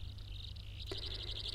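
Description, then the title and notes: Broad-billed sandpiper, a quiet buzz swelling into a stronger, pulsing trill after a brief click, low hum throughout. "Viikon luontoääni: Jänkäsirriäinen. Pertti Koskimies"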